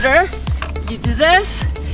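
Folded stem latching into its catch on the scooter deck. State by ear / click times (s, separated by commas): not seated / none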